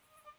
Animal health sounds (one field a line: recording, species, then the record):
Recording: mosquito flight sound by mobile phone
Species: Aedes sierrensis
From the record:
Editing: cut to the mosquito's sound